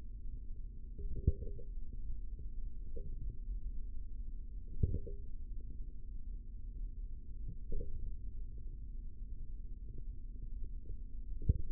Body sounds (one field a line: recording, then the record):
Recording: forearm muscle sounds (acoustic myography)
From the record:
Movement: tripod grip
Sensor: system 3, bracelet of six PUI Audio POM-2738L microphones around the upper forearm, with dedicated amplification and filtering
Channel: 5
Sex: male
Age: 25 years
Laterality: right